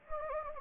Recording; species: mosquito wingbeat signal from an infrared sensor; Anopheles gambiae